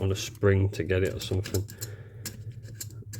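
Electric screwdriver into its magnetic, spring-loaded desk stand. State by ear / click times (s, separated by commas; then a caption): not seated / none. Someone talks while handling a Fanttik NEX E1 Max electric screwdriver and its magnetic, spring-loaded desk stand, pressing the release so the screwdriver body can go in. A few short, sharp handling taps follow around 2.3 and 2.8 seconds. Nothing has clicked into place yet.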